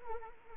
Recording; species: mosquito wingbeat signal from an infrared sensor; Anopheles arabiensis